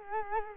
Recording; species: mosquito wingbeat signal from an infrared sensor; Culex quinquefasciatus